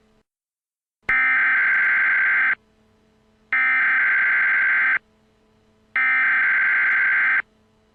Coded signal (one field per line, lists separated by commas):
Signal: Emergency Alert System (SAME) tones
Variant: header bursts